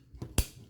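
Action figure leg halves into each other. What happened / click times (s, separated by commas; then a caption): The plastic parts snapped together / 0.4 s. On a second try, the plastic leg halves of a Transformers Siege Springer action figure are pushed into each other, with the heel pieces lined up. After a softer knock at about 0.2 s, a sharp, bright click sounds at 0.4 s as the legs snap together and seat firmly.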